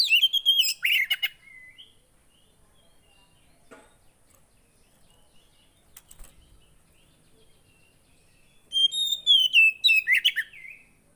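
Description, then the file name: Oriental magpie-robin song: a brief whistled phrase with harsh notes at the start, several seconds of quiet with faint knocks, then a second sliding whistled phrase. Kacer song that makes a caged kacer agitated. "Burung kacer anda langsung emosi dengar ini"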